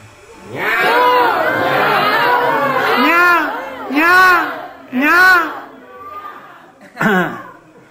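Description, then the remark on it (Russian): A crowd of voices loudly imitates peacock calls: several high, wailing, rising-and-falling cries in overlapping bursts, the last ones shorter, with a little chatter and laughter between them. “Он стал кричать громко-громко.”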